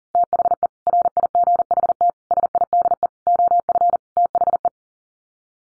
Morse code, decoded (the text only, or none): THE RIGHT SIDE OF THE